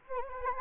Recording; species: mosquito wingbeat signal from an infrared sensor; Anopheles gambiae